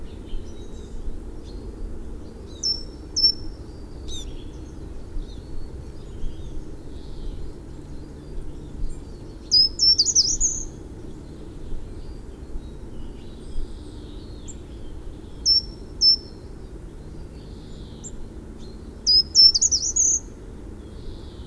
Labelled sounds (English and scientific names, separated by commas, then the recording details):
Short-toed Treecreeper (Certhia brachydactyla) song
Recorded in the wild
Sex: male
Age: adult
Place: Erlangen, Bayern, DE
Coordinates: 49.5675, 11.0142
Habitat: forest
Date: 1964-03-24
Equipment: Vollspur, Parabolspiegel Grampian
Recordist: Tretzel, Erwin
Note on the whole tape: Brucker Lache, Teil Bruck: Gartenbaumläufer: Gesang